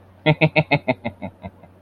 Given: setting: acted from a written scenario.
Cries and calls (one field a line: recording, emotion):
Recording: vocal sound without words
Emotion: ecstasy